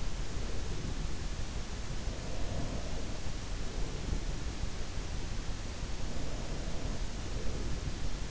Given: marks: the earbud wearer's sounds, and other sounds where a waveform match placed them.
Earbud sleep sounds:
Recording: sounds in sleep by an in-ear microphone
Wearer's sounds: breath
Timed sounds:
1.67-4.53 s: breath
5.80-8.31 s: breath

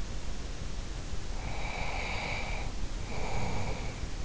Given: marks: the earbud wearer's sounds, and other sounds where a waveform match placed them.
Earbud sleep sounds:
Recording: sounds in sleep by an in-ear microphone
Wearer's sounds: breath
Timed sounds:
1.27-4.10 s: breath

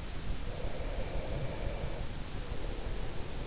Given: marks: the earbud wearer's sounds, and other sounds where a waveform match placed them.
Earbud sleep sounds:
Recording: sounds in sleep by an in-ear microphone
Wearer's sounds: breath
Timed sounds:
0.31-3.38 s: breath

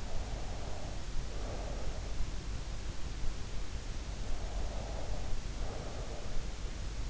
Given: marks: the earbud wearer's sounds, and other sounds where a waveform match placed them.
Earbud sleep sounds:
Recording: sounds in sleep by an in-ear microphone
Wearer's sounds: breath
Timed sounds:
0.00-2.30 s: breath
4.28-6.30 s: breath

